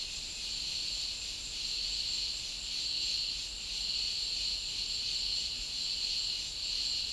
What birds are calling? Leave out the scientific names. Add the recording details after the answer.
none. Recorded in dense forest near Puerto Asís, Putumayo, Colombia, on 20 February 2024 at 14:30. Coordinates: 0.502, -76.324. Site G6370